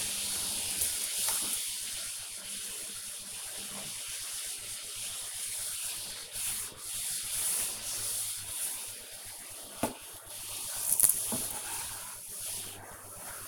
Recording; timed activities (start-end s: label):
household activities, microphone on the right wrist
0.00-13.48 s: vacuum cleaning